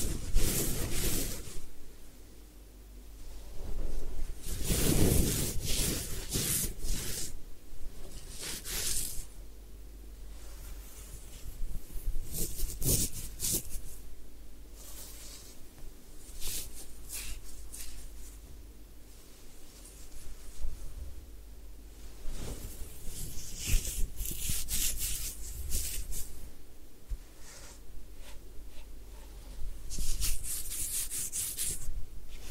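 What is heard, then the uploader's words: Hair washing and massage sounds: soft rubbing and scrubbing that comes and goes in continuous waves. Brighter bursts of friction stand out around 5, 13, 24 and 31 seconds. A low, steady hum runs underneath throughout. ASMR Do You Need a Head Spa Hair Wash, Massage, Ear Cleaning (No Talking).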